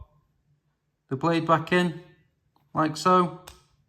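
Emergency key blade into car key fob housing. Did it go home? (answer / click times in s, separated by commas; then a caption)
no / none. After a battery change on an Audi A4, A5 or Q7 key fob, the metal emergency key blade is being handled to go back into the plastic fob housing. Someone talks in two bursts, around 1.1–2.0 s and 2.7–3.6 s, with near silence otherwise. The blade has not seated or clicked into place yet.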